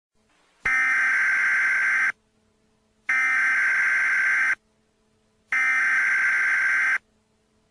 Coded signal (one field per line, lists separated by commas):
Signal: Emergency Alert System (SAME) tones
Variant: header bursts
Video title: EAS Mock Scenario - LA Summer Walk-A-Thon Bombing Attacks